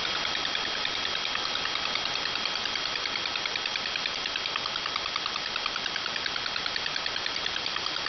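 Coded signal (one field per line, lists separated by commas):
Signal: multi-tone FSK (Olivia or MFSK type)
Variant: 4-FSK, 4 channels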